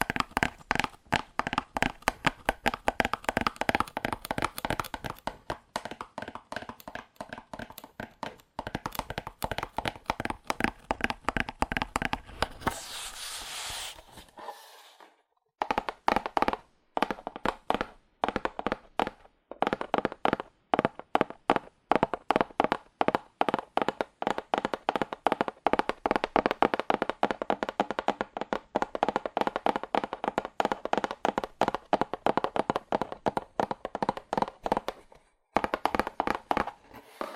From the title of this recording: Fast Aggressive Cardboard Tapping